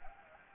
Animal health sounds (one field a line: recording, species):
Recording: mosquito wingbeat signal from an infrared sensor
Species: Anopheles gambiae